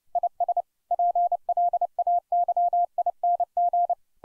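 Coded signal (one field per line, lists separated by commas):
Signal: Morse code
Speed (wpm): 29 wpm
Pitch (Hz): 700 Hz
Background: none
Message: IS PLAYING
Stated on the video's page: Morse code copying practice at 30 wpm, sending a well-known poem.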